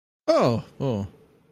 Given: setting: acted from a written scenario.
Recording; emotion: vocal sound without words; relief